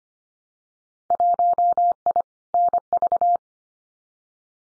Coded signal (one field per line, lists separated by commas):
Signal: Morse code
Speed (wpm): 25 wpm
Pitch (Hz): 700 Hz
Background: none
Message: 1I NV